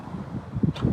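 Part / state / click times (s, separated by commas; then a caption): charging adapter and nozzle released from a car charge port / released / 0.6 s, 0.8 s. A hand holds a J1772 charging adapter while the handle button on the nozzle is pressed to end a charging session on a Tesla Model Y. The charge port latch clicks at 0.6 s and again at 0.8 s to unlock the adapter over low rumbling background noise. The nozzle and adapter are released together from the charge port.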